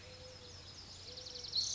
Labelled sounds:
Mourning Dove (Zenaida macroura)
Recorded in Sonoma County, California

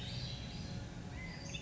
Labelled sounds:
Western Flycatcher (Empidonax difficilis)
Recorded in Sonoma County, California

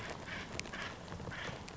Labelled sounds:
Acorn Woodpecker (Melanerpes formicivorus)
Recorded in Sonoma County, California

